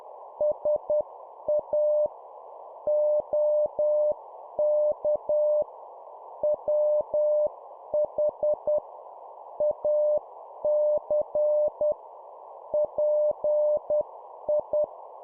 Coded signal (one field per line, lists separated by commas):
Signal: Morse code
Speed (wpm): 10 wpm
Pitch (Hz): 600 Hz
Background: none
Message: SA OK WH AC PI